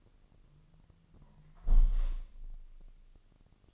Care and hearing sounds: daily activity, microphone in the room; close window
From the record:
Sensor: 4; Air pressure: 1005.5 hPa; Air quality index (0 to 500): 94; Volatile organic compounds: 2 ppm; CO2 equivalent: 1155 ppm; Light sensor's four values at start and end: 11/25/10/9 and 11/26/10/9

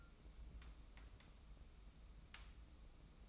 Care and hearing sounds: daily activity, microphone in the room; take from stove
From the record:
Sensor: 1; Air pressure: 994.4 hPa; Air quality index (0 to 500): 230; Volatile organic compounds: 1000 ppm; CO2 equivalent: 8296 ppm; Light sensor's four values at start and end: 146/333/149/163 and 146/333/149/163

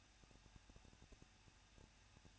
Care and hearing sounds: daily activity, microphone in the room; no activity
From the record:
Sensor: 2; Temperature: 21.0 degrees Celsius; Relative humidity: 37.4%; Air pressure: 1006.2 hPa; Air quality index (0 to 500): 221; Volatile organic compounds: 24 ppm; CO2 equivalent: 2800 ppm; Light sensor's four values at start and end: 2/3/2/2 and 2/3/2/2

